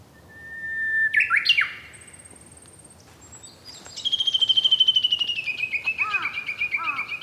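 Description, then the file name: Japanese bush warbler song: a short whistle and a quick upward flourish, then a long, rapidly repeated series of high notes that slowly falls in pitch. "uguis"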